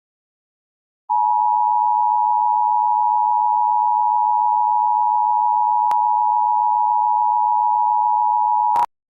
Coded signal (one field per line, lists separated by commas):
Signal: Emergency Alert System (SAME) tones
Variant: 853 and 960 Hz attention tone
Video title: My first EAS :3